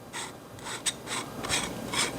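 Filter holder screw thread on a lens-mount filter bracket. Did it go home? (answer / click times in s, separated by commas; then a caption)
no / 0.6 s, 1.5 s. The threaded part that attaches a filter to a lens-mount filter bracket is turned by hand, giving a series of short rasping, ratcheting bursts about every half second, with sharper clicks at 0.6 s and 1.5 s. The thread was made wrongly and is stripped: it spins freely without tightening, so the filter holds and does not fall off easily but never locks.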